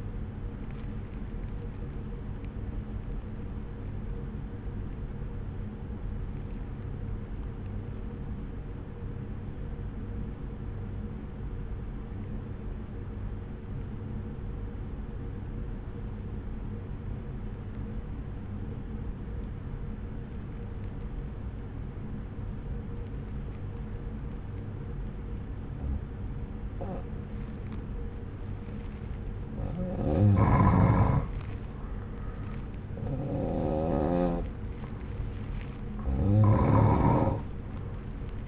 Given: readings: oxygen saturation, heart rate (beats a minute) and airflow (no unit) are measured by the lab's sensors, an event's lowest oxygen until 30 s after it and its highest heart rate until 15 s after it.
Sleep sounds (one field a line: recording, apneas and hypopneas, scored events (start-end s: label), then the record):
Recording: breathing in sleep by a smartphone at the bedside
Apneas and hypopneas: 1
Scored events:
6.00-29.10 s: obstructive apnea (N1, oxygen 96% highest, then 87% lowest)
From the record:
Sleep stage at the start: N1 (lightest sleep)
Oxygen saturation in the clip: 84 to 96%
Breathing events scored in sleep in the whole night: 303 in 8.1 hours asleep